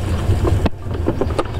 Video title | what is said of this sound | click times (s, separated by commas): В Мурманской области пострадали 40 детей | То есть сначала мы защелкиваем кресло, специальное крепление до щелчка. | 0.7 s, 1.4 s